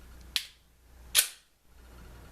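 On a Beretta Neos pistol, the slide is let go after being pulled back, and its spring drives it forward to seat the cartridge in the chamber, giving a sharp metallic snap at 0.4 s. A second, longer burst of sound follows around 1.2 s over a low background hum. The round is confirmed seated in the chamber and the gun is ready.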